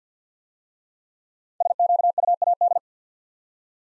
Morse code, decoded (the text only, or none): SQUAD